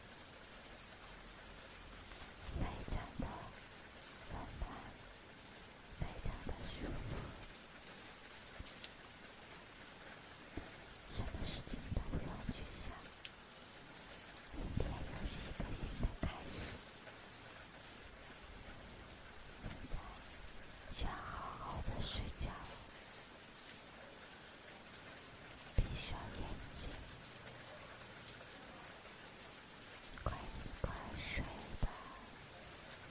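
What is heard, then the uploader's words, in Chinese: Real rain falls steadily, a dense hiss spread evenly from start to finish. Every few seconds louder bursts of heavier drops or gusts swell and fade, around 3, 12, 15, 21, 26 and 31 seconds, with occasional low rumbles underneath. 真实雨声。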